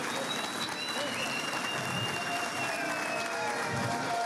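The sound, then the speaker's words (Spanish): An audience applauds steadily for about four seconds for a man and the motorcycle riders, a dense, even wash of many hands clapping at once with no pause or swell, holding a constant loudness throughout. “Un aplauso a Johnny y a los motorizados.”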